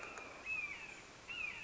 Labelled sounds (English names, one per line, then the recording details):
Red-shouldered Hawk
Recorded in Sonoma County, California